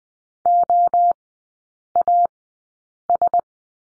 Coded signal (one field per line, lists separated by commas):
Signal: Morse code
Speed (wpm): 20 wpm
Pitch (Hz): 700 Hz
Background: none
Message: OAS